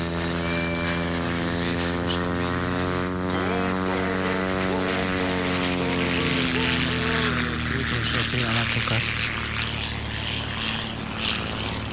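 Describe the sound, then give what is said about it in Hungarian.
A squadron of F-16 fighter jets roars overhead in a loud, steady engine drone whose layered tones slide downward in pitch midway through, with a man briefly speaking over the noise. “Hirtelen 10 óránál egy F-16-os vadászraj tűnik föl.”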